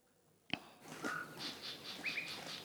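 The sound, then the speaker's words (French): A sharp click, then birds calling very early in the morning while still dark, at an oasis in the desert on a former ranch in Big Bend National Park, Texas: a few short whistled notes and a series of quick, high chirps repeating in a loose rhythm over a soft, steady background hiss. “Donc Nin vient très tôt le matin pour enregistrer les oiseaux et il fait encore noir.”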